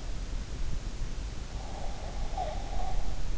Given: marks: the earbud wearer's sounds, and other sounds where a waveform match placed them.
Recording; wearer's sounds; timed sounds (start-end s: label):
sounds in sleep by an in-ear microphone; breath
1.78-3.04 s: breath